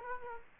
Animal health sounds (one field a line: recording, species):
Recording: mosquito wingbeat signal from an infrared sensor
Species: Culex quinquefasciatus